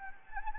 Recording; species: mosquito wingbeat signal from an infrared sensor; Anopheles gambiae